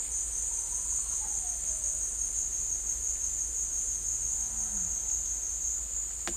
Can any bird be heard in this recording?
no